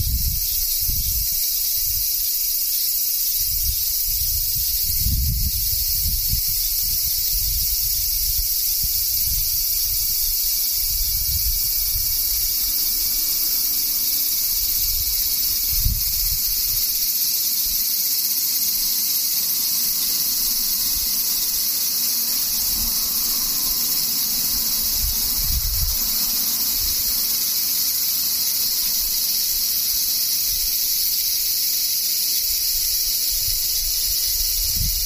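Cicadas drone without pause, a dense, high, shimmering buzz that holds steady for the whole stretch, with a second thinner band of whine above it. Low rumbling gusts, like wind or distant traffic, come and go underneath, strongest near the start and around 16 and 26 seconds.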